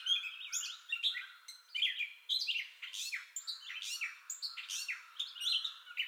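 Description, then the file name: Gray catbird song: rapid, varied run of slurred whistles, harsh squeaks and downward-sweeping notes tumbling together without pause. Entire song bout, 30 May 2021. "2021-05-30 Gray Catbird Entire Song Bout"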